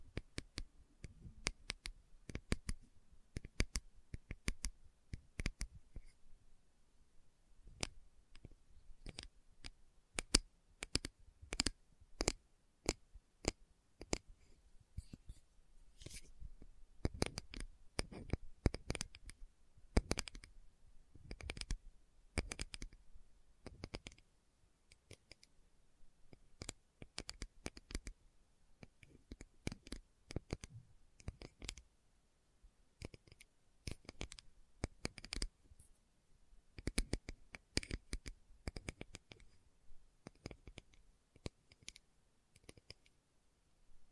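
Slow tapping made of sharp, crisp clicks that come singly and in short bursts, with brief silences between groups. The taps arrive at an uneven pace over the whole clip, some louder and sharper than others, resembling keyboard typing.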